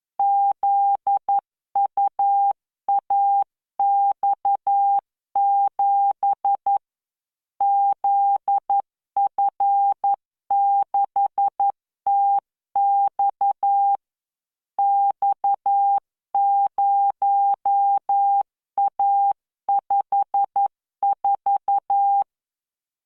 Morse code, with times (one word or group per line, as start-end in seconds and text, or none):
0.2-6.8 ZUAX7
7.6-14.0 ZF6TX
14.8-22.2 X0A54